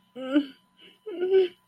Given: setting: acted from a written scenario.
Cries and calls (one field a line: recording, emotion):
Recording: vocal sound without words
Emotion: distress